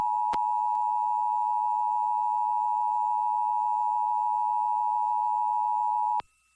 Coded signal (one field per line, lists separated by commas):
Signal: Emergency Alert System (SAME) tones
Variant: 853 and 960 Hz attention tone